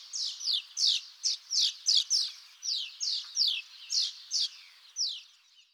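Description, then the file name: House martin giving a series of a dozen or more dry, chirping notes at a steady pace. At a window. "Hirondelle Fenetre"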